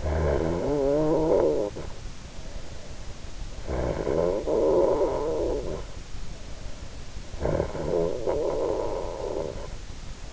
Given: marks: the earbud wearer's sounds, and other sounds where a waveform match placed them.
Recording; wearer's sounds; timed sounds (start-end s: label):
sounds in sleep by an in-ear microphone; snoring breath
0.00-3.37 s: snoring breath
3.52-7.15 s: snoring breath
7.41-10.33 s: snoring breath